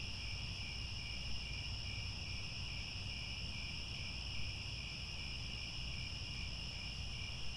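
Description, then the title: Cricket chorus of continuous high-pitched trills, one layer softly pulsing, with a steady low hum underneath throughout. Chorus of crickets at twilight, as the sun sets and stars appear. "Crickets Chirping at Twilight"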